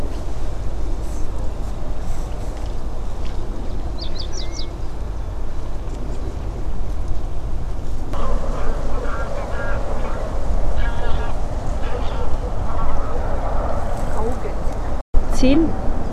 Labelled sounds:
Little Grebe (Tachybaptus ruficollis) call

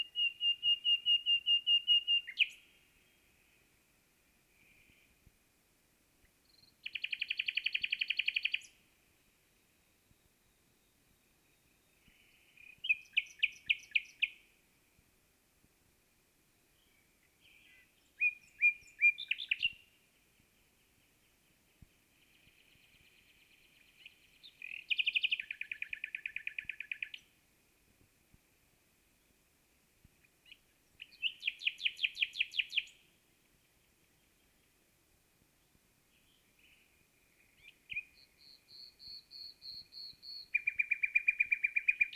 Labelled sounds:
Common Nightingale (Luscinia megarhynchos) song

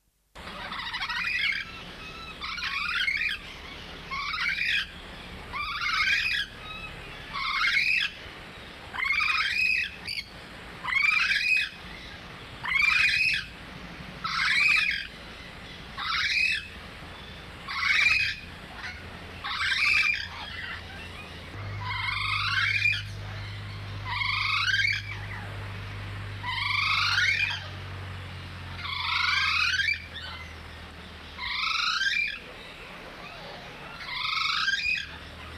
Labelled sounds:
Red-necked Amazon (Amazona arausiaca) call

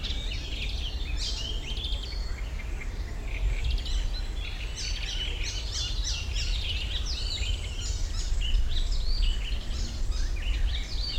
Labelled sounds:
Icterine Warbler (Hippolais icterina)

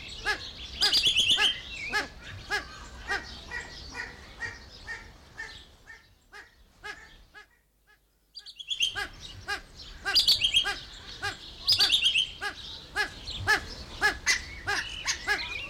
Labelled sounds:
Common Green Magpie (Cissa chinensis)

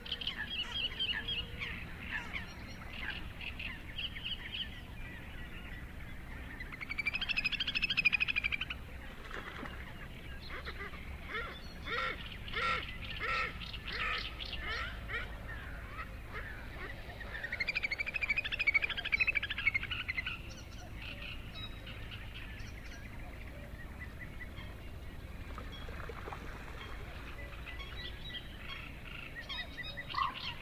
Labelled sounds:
Little Grebe (Tachybaptus ruficollis) call

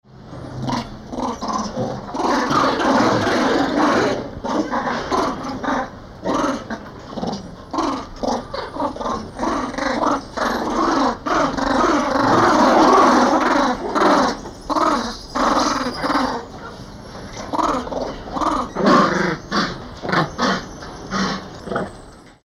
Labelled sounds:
Crab-eating Macaque (Macaca fascicularis)

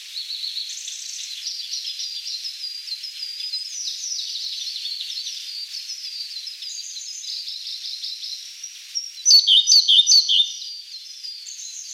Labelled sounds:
Siberian Blue Robin (Luscinia cyane) song

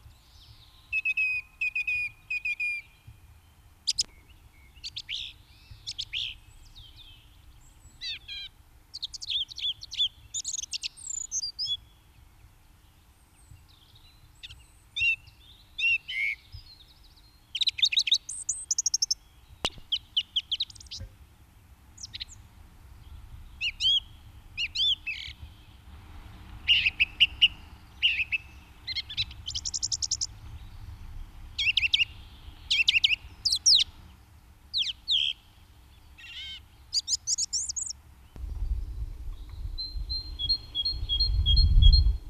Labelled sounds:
Song Thrush (Turdus philomelos) song

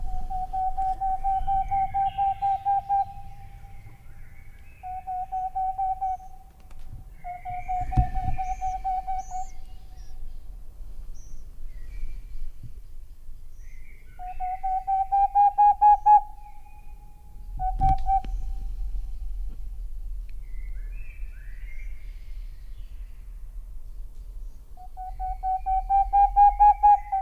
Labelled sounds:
Boreal Owl (Aegolius funereus)

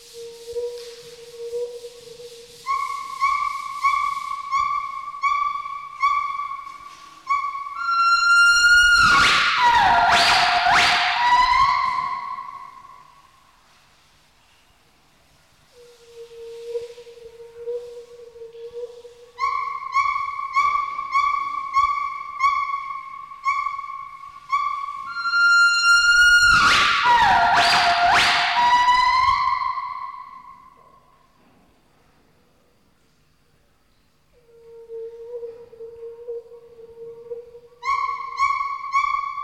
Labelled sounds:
Northern White-cheeked Gibbon (Nomascus leucogenys)

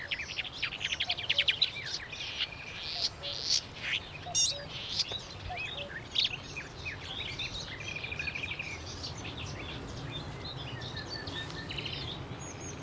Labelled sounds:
Marsh Warbler (Acrocephalus palustris) song

